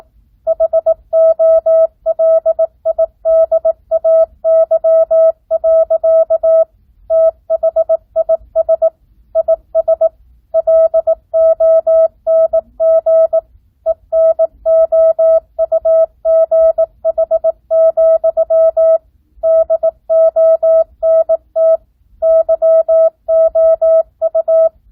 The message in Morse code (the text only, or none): HOLIDAY. THIS IS LONG ENOUGH, DONT YOU